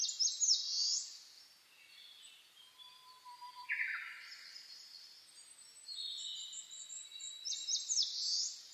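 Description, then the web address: Birds in a dawn chorus: bright chattering phrases, a falling whistle, and several overlapping high trills, with a soft low whistle underneath. Dawn chorus (reimei, saezuri) recorded on 10 May 2010 at 04:01. "sounds data 2010 reimei DH-D 50-saezuri-20100510-0401"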